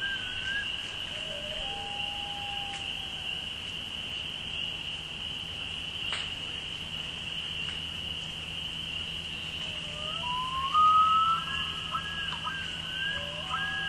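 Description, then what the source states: Loon giving drawn-out wavering wails and quavering notes, faint at first and stronger near the end, over a constant shrill chorus of peeping frogs. With peepers.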